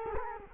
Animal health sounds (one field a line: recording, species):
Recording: mosquito wingbeat signal from an infrared sensor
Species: Culex quinquefasciatus